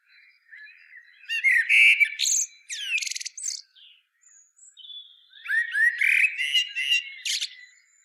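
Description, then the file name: Common blackbird song with a low fluty phrase ending in a thin squeaky flourish, a faint soft gap, then a second warbled phrase. "Turdus merula"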